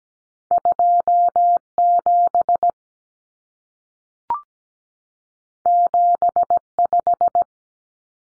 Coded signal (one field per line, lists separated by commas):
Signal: Morse code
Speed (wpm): 17 wpm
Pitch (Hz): 700 Hz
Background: none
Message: 27 75